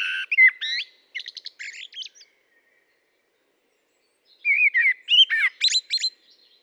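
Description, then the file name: Common blackbird song: a fluted phrase ending in stuttering high squeaks, then after a silent pause a second mellow phrase with a sharper, twittering close. "Turdus merula"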